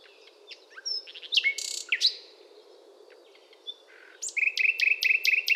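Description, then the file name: Common nightingale singing varied phrases: sharp chirps, a short buzzy burst, a falling whistle, then a fast run of repeated clicking notes at the end; faint low hum behind. "Luscinia megarhynchos"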